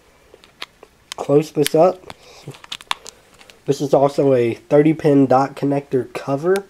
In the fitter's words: press down make sure you hear it snap everywhere